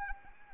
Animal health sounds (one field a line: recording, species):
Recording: mosquito wingbeat signal from an infrared sensor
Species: Anopheles arabiensis